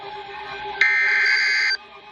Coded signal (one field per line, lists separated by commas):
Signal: Emergency Alert System (SAME) tones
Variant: header bursts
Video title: EAS #221 Severe Thunderstorm Warning On NWR